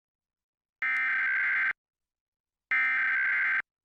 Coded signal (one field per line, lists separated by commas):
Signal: Emergency Alert System (SAME) tones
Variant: header bursts